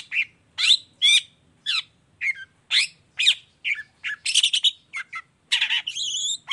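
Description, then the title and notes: Long-tailed shrike song of scratchy squawks and short whistled notes, spaced irregularly, ending in a rising and falling warbled phrase. Cendet in the morning, lively 'gacor' singing with 'toet toet' and full variation, clear voice, said to be very easy for any kind of cendet to imitate. "Cendet Gacor Dor Di Kala Pagi Toet Toet Variasi Suara J. Efektif Cendet Gacor Suara Jernih Full Variasi Sangat Mudah Di Tiru Cendet Jenis Apapun. Burung cendet"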